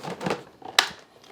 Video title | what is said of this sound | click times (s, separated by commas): BOBOT DEEP 832 Hard Floor Cleaner Review & Demonstration | make sure it clicks into place | 0.8 s